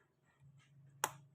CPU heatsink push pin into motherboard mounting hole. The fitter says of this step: yan. Tumunog nag-lock na.